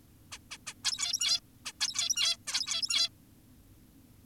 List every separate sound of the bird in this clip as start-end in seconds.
0.32-0.38, 0.51-0.58, 0.67-0.74, 0.84-1.40, 1.66-1.72, 1.81-2.37, 2.47-3.09